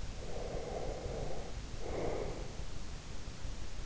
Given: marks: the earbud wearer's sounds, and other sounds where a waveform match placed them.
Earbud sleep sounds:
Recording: sounds in sleep by an in-ear microphone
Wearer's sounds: breath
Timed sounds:
0.20-2.63 s: breath

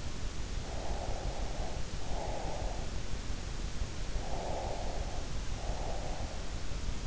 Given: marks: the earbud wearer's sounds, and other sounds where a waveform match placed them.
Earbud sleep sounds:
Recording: sounds in sleep by an in-ear microphone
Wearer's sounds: breath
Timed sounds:
0.70-2.93 s: breath
4.22-6.58 s: breath

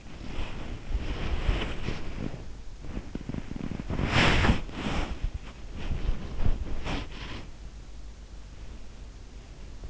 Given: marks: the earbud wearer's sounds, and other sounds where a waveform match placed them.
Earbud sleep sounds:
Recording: sounds in sleep by an in-ear microphone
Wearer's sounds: body movement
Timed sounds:
0.00-2.60 s: body movement
2.87-5.43 s: body movement
5.77-7.57 s: body movement

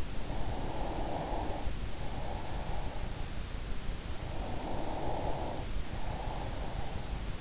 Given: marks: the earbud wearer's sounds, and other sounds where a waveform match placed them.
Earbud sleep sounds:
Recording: sounds in sleep by an in-ear microphone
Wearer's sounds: breath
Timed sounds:
0.00-3.56 s: breath
3.98-7.38 s: breath

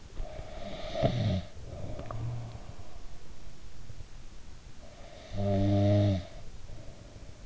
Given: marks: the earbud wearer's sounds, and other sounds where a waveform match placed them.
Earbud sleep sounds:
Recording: sounds in sleep by an in-ear microphone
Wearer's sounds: snoring breath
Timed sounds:
0.43-2.71 s: snoring breath
4.71-7.46 s: snoring breath

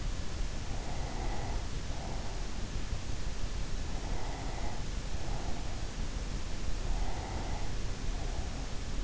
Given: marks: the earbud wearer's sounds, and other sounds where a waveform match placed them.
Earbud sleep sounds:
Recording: sounds in sleep by an in-ear microphone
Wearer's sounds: breath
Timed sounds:
0.67-2.84 s: breath
4.01-6.07 s: breath
6.78-9.04 s: breath

